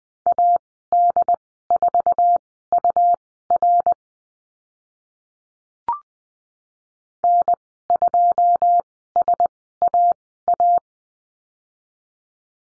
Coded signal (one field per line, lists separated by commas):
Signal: Morse code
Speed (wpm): 20 wpm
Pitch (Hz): 700 Hz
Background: none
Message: AD4UR N2SAA